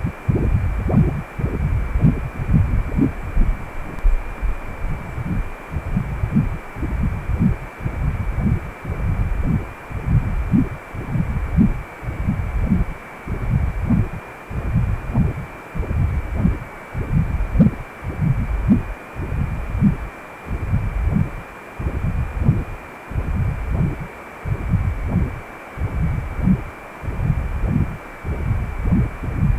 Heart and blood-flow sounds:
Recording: Doppler ultrasound of blood flow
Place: precordium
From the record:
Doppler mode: continuous wave and pulsed wave in the uncut recording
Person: healthy adult, 18 to 50 years, no heart murmur, not diving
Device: 2.5 MHz transducer

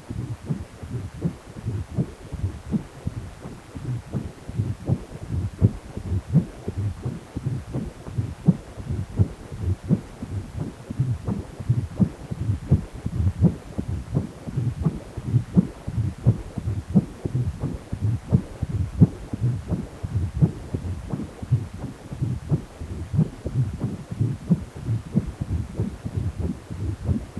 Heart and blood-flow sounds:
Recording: Doppler ultrasound of blood flow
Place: precordium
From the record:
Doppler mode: continuous wave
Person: healthy adult, 18 to 50 years, no heart murmur, not diving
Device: 2.5 MHz transducer

